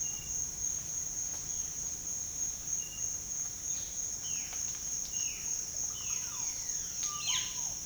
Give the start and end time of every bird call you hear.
[4.24, 6.18] Violaceous Jay (1.8-4.0 kHz)
[6.13, 7.39] Crested Oropendola (0.5-5.9 kHz)
[7.20, 7.39] Violaceous Jay (1.9-5.0 kHz)

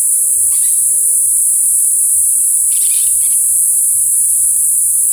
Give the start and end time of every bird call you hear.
[0.00, 1.32] White-tipped Dove (0.4-0.7 kHz)
[0.41, 0.79] Brown-throated Parakeet (0.6-6.2 kHz)
[2.69, 3.35] Brown-throated Parakeet (0.9-6.3 kHz)

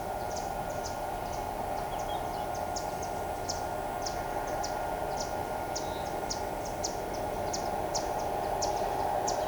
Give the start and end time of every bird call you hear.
[0.00, 9.31] White-eared Conebill (3.4-8.2 kHz)

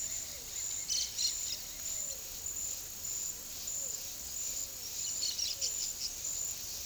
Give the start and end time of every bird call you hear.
[0.89, 1.60] Cobalt-winged Parakeet (2.2-9.3 kHz)
[5.02, 6.08] Cobalt-winged Parakeet (2.1-7.0 kHz)

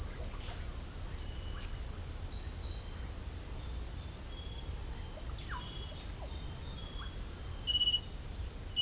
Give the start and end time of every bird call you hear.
[5.38, 5.73] Russet-backed Oropendola (0.4-2.6 kHz)
[6.17, 6.38] Russet-backed Oropendola (0.4-1.9 kHz)
[6.95, 7.15] Russet-backed Oropendola (0.6-2.3 kHz)

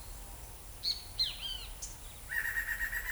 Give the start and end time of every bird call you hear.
[0.85, 1.92] Great Kiskadee (1.1-9.0 kHz)
[2.33, 3.12] Black-crested Antshrike (0.8-13.8 kHz)

